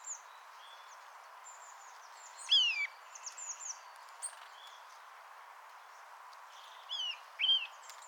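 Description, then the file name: Eurasian nuthatch calls: sharp, high, downslurred notes given singly and in short bursts, loudest twice, with softer chirps scattered between. "Sitta europaea"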